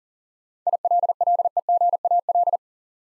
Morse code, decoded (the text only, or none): ILLEGAL